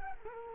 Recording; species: mosquito wingbeat signal from an infrared sensor; Culex quinquefasciatus